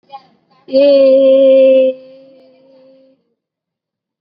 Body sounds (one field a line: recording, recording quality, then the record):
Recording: sustained vowel as in made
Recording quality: excellent, no background noise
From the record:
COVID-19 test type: RT-PCR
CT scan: not taken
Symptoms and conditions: none ticked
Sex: female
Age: 20 years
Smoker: no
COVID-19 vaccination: both doses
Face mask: worn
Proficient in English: yes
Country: India